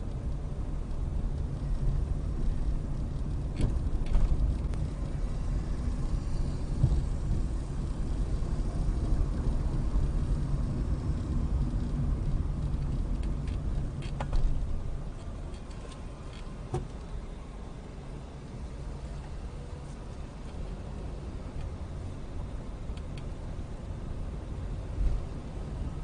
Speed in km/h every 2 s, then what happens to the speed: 15, 18, 18, 19, 23, 21, 16, 6, 5, 6, 10, 11, 13.
0-9 speeds up to 23. 9-15 slows to 5. 15-26 speeds up to 13.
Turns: 10-15.